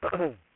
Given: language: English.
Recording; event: throat vibration sensor signal played as sound; throat clearing